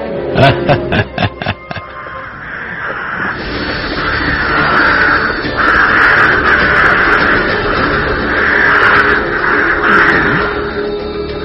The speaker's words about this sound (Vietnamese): Tại sao quả lại kêu vào đêm vậy? Đêm trăng sáng như ban ngày, những con quạ tưởng là trời đã sáng nên mới bay và kêu inh ỏi.